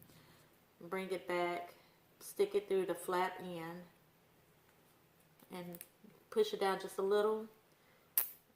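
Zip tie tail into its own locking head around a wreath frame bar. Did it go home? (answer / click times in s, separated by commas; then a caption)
yes / 8.2 s. A plastic zip tie is wrapped around a bar of a wreath frame, and its tail is threaded through its own flat locking head and pushed down a little while someone talks. At 8.2 seconds a short, sharp click is heard as the zip tie ratchets into its lock and seats.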